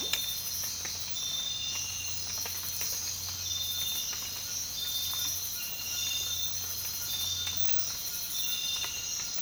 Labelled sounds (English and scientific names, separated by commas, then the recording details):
none
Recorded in dense forest near Puerto Asís, Putumayo, Colombia, on 19 March 2025 at 05:30
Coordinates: 0.484, -76.317
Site G064